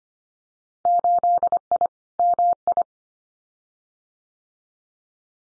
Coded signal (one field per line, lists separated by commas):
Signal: Morse code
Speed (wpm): 25 wpm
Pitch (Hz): 700 Hz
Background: none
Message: 8I MI